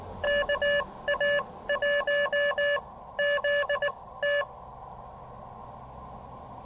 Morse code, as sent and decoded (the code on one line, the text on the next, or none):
-.- .- .---- / --.. / -
KA1 Z T